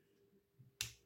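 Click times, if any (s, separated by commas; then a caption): 0.8 s. The stiff rotating selector wheel on a pair of Lidl hole-punch pliers is turned until it snaps into its detent for the chosen punch size. After some faint low handling sounds, a single sharp, bright click lands at 0.8 s, followed by a softer thud near the end. The wheel is seated in position.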